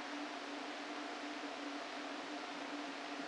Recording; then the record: brain microelectrode recording played as sound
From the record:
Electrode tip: inside the subthalamic nucleus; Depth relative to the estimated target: 0 mm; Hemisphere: left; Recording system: NeuroSet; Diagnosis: Parkinson's disease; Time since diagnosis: 13 years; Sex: male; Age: 49 years